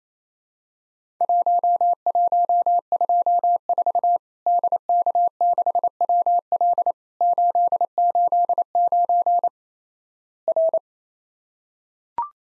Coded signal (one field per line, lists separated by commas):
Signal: Morse code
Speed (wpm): 28 wpm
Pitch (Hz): 700 Hz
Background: none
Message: 1124 DK6WL 889 R